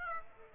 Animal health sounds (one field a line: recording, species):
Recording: mosquito wingbeat signal from an infrared sensor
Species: Aedes aegypti